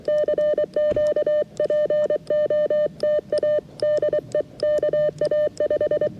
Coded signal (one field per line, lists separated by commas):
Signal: Morse code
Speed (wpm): 23 wpm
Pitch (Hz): 600 Hz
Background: none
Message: CQ POTA DE KA5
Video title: QRP CW POTA with K2 and 40-10 EFHW